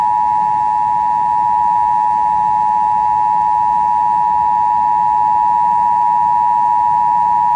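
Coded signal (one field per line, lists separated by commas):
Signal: Emergency Alert System (SAME) tones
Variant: 853 and 960 Hz attention tone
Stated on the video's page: Demonstration of a DASDEC II EAS encoder integrated with a ChyTV HD-EAS graphics generator during Hurricane Michael.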